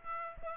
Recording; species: mosquito wingbeat signal from an infrared sensor; Aedes aegypti